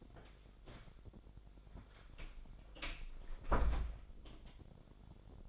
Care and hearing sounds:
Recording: daily activity, microphone in the room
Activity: close door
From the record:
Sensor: 5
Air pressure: 1007.2 hPa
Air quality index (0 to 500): 170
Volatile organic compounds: 4 ppm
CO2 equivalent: 1630 ppm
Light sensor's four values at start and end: 55/155/60/60 and 55/155/60/60

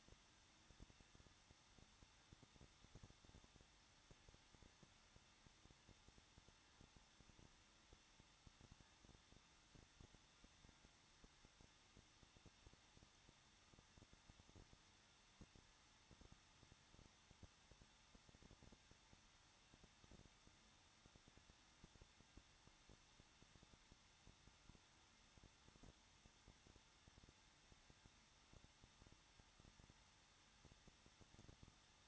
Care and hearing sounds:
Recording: daily activity, microphone in the room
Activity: no activity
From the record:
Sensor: 3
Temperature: 21.2 degrees Celsius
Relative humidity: 36.4%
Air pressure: 1006.3 hPa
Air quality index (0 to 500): 223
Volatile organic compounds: 43 ppm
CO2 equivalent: 3196 ppm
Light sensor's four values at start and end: 2/3/2/2 and 2/3/2/2

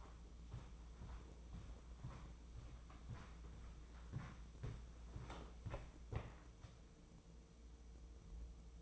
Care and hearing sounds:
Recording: daily activity, microphone in the room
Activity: walk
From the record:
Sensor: 1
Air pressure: 996.0 hPa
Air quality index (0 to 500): 241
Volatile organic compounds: 1000 ppm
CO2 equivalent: 7024 ppm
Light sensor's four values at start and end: 36/89/38/46 and 38/94/40/50

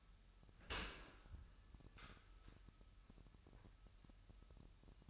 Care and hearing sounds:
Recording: daily activity, microphone in the room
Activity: open dishwasher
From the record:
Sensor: 2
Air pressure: 998.2 hPa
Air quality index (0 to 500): 146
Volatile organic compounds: 4 ppm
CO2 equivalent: 1654 ppm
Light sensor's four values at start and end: 10/31/12/12 and 10/31/12/12

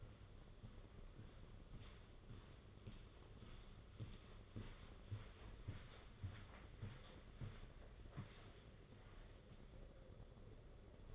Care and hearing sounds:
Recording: daily activity, microphone in the room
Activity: walk to room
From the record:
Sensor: 4

